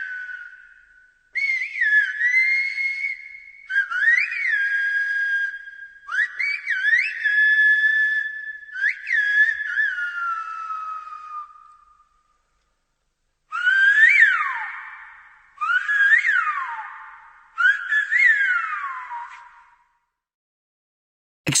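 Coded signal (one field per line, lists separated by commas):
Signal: whistled language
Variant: Silbo Gomero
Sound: loud gliding whistles in about seven phrases, rising and falling pitch, pauses between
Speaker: listen to this [Music] [Music] [Music] ah extraordinary isn't it have you any idea what the conversation was about well according to the translation I have here they were discussing a party and one was asking the other to go and get a musical instrument to bring to it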